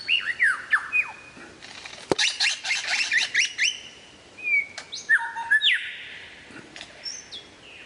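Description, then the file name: Lyrebird song: a jumble of sharp down-slurred whistles, buzzy rasping bursts and clicks in quick succession, with a sustained high buzzy note near the end. Song variations. "suara lyrebird variasi"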